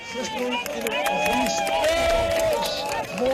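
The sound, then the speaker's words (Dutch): Skaters glide and scrape over natural ice in Doorn and in De Lier in the Westland, where skating has been possible since early morning, amid a lively crowd, with overlapping voices, high calls and shouts mixing with the steady hiss and clicks of blades. “Bijvoorbeeld in Doorn en in de Lier in het Westland kan er sinds vanochtend vroeg worden geschaatst. En klonk het dus zo.”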